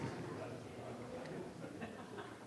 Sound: laughter